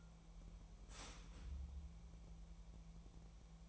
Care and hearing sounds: daily activity, microphone in the room; start toaster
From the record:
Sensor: 1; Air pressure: 1000.3 hPa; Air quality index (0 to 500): 156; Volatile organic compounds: 3 ppm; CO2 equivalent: 1461 ppm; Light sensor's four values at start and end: 29/73/31/37 and 29/73/31/36

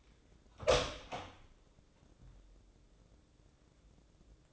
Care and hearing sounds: daily activity, microphone in the room; open door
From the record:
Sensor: 3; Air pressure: 1012.3 hPa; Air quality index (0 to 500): 180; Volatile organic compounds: 3 ppm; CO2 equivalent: 1376 ppm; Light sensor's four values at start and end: 542/1346/555/565 and 553/1375/567/579

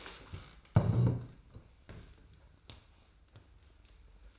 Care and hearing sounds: daily activity, microphone in the room; stand up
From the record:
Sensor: 2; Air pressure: 990.4 hPa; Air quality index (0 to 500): 182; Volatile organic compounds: 1000 ppm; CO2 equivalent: 5769 ppm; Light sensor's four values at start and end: 28/65/27/27 and 30/66/28/28

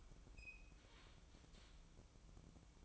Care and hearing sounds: daily activity, microphone in the room; open fridge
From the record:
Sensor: 1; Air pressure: 1007.9 hPa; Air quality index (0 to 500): 105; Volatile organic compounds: 1 ppm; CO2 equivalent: 894 ppm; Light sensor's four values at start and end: 12/28/11/13 and 12/28/11/13

